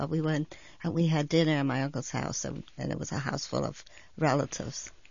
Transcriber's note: none